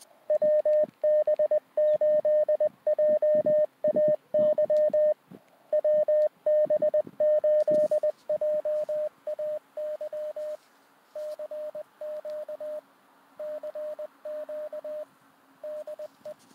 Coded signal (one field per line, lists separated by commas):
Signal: Morse code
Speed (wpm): 20 wpm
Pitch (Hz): 610 Hz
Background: radio noise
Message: WB8JAY WB8JAY CQ CQ DE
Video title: Ham Radio - QRP - Portable - WB8JAY - Christmas Day Operation